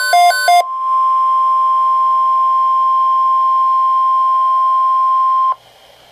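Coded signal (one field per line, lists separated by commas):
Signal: Emergency Alert System (SAME) tones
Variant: 1050 Hz attention tone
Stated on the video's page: Severe thunderstorm watches and warnings received off NOAA Weather Radio station KEC83; a malfunction sent the same watch twice.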